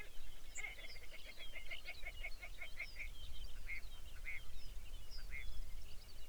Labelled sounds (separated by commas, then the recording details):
songbird, grouse or ptarmigan
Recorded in the Arctic National Wildlife Refuge, Alaska, on 23 May 2019 at 05:26
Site 49